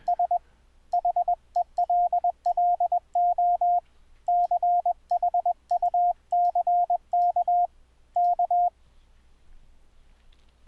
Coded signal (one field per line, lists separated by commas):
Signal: Morse code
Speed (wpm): 20 wpm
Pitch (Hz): 700 Hz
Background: radio noise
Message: S HELLO CHUCK K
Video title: iCW - 2012 - How to send morse code over the internet on WINDOWS 7: THE BASIC SETUP